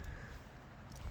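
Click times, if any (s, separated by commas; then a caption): none. A motorcycle pannier bag's mounting plate is handled against the side carrier rack of a Moto Guzzi V85TT with SW-Motech luggage, producing low, steady rumbling handling noise with no distinct impacts. Nothing has seated or clicked yet; the clip ends just before the bag goes home.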